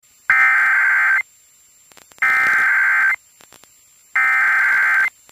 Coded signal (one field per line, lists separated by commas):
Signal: Emergency Alert System (SAME) tones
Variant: header bursts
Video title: Super Mario ADVANCE 4 Game boy Advance Super Mario Bros 3 Emergency Alert System Nuclear Bomb